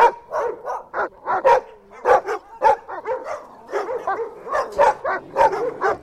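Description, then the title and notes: Dogs barking, a string of loud clipped barks at irregular spacing. Several dogs at Pontos, Girona, Spain. "perrros. perros de Pontos, Girona, Espania"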